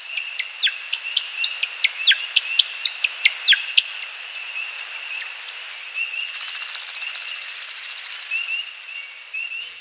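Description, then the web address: American woodcock display: a burst of quick, falling chirps, then a fast, rhythmic twittering of high pulses, over a steady high background drone. "Birdnote. American Woodcock Timberdoodle"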